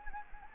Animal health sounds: mosquito wingbeat signal from an infrared sensor; Anopheles gambiae

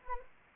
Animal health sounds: mosquito wingbeat signal from an infrared sensor; Anopheles arabiensis

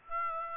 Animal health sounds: mosquito wingbeat signal from an infrared sensor; Aedes aegypti

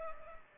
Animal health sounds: mosquito wingbeat signal from an infrared sensor; Culex pipiens

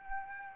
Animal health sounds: mosquito wingbeat signal from an infrared sensor; Aedes aegypti

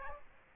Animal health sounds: mosquito wingbeat signal from an infrared sensor; Aedes aegypti

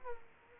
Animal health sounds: mosquito wingbeat signal from an infrared sensor; Aedes aegypti

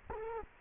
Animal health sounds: mosquito wingbeat signal from an infrared sensor; Culex quinquefasciatus

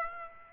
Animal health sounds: mosquito wingbeat signal from an infrared sensor; Aedes aegypti

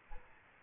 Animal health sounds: mosquito wingbeat signal from an infrared sensor; Aedes albopictus

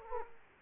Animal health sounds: mosquito wingbeat signal from an infrared sensor; Aedes aegypti

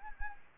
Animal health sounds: mosquito wingbeat signal from an infrared sensor; Anopheles arabiensis

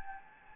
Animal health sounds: mosquito wingbeat signal from an infrared sensor; Anopheles gambiae

